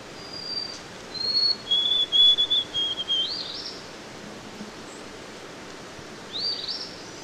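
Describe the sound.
White-throated sparrow song of pure whistles stepping down into a series of repeated notes, followed by short rising chirps.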